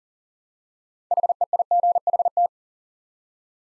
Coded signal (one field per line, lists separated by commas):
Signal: Morse code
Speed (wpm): 39 wpm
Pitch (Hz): 700 Hz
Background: none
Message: HEIGHT